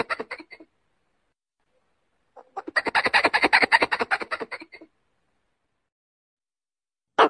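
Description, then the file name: Pallas's squirrel: a short run of harsh pulses, then a longer, louder rasping burst of rapid beats, ending with a single sharp chuck. Female calling to males during the breeding season. "tieng soc bung do keu goi duc mua sinh san"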